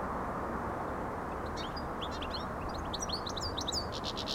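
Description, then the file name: European goldfinch song beginning after a second and a half: quick tinkling notes and slurred twitters ending in buzzy bursts, with a low rumbling background. "Carduelis carduelis"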